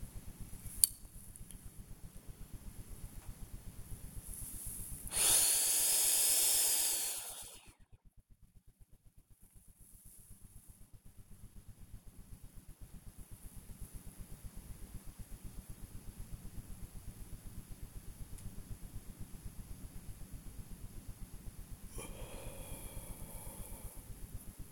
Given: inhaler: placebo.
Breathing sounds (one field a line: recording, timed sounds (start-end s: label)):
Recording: one use of a dry powder inhaler by a smartwatch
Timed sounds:
0.29-1.25 s: inhaler activation
5.06-7.85 s: inhalation
21.81-24.26 s: exhalation